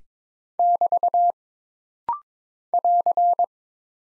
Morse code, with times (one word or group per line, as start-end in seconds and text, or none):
0.6-1.3 <BT>
2.7-3.4 <AR>